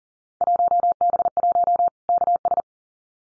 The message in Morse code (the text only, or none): 1B1 KS